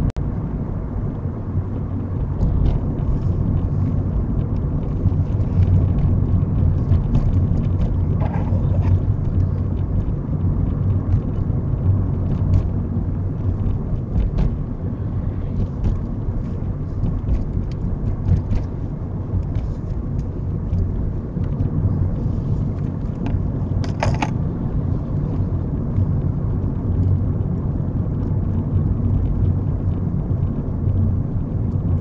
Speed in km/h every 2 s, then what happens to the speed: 42, 42, 42, 39, 39, 39, 39, 39, 39, 39, 40, 42, 40, 40, 39, 37.
0-32 steady at about 39.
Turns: none.